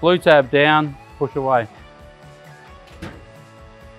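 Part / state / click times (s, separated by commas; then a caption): slide-out kitchen drawer latch in a caravan body / not seated / none. With the blue brake tab down, the slide-out kitchen drawer on an MDC XT12HR offroad caravan is being pushed away into the caravan body while someone talks over quiet background music. Nothing has seated or clicked yet; the drawer has not locked into place by the end of the clip.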